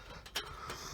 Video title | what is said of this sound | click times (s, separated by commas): Live Traps For Easy Trapping | right here clicks into place | 0.4 s